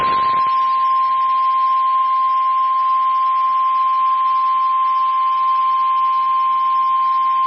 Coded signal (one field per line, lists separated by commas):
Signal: Emergency Alert System (SAME) tones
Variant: 1050 Hz attention tone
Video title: FFW On WXL70! (EAS #52)